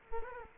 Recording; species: mosquito wingbeat signal from an infrared sensor; Culex quinquefasciatus